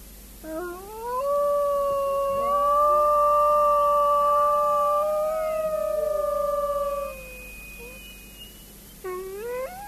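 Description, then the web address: Grey wolf giving a single long, smooth howl that rises, holds steady for several seconds with a slight upward step, then falls away, followed by a short rising note. "gray wolf"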